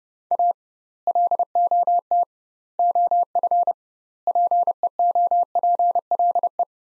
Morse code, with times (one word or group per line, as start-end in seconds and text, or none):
0.3-0.5 A
1.1-2.2 LOT
2.8-3.7 OF
4.3-6.6 PEOPLE